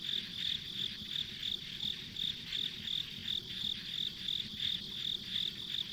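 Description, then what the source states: Insect calling in rapid high chirps, roughly three per second, steady throughout, over faint low background noise. Insects recorded as ambient sound on a country road.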